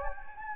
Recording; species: mosquito wingbeat signal from an infrared sensor; Anopheles gambiae